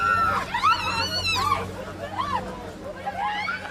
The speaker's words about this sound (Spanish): Una rata. Tremendo como no, escapa la rata. Los gritos, la desesperación. Sí, él trató de pisarla.